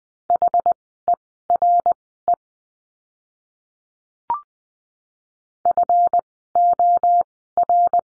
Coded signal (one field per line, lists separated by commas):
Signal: Morse code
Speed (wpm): 20 wpm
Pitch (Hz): 700 Hz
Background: none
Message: HERE FOR